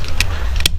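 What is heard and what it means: The plastic locking tab on a new wiper blade adapter is closed over the wiper arm of a 2012 Camaro 2SS/RS, giving a sharp snap at 0.7 s as the tab seats. Softer clicks come earlier at 0.2 s and 0.6 s over a steady low rumble, and the blade is locked in place.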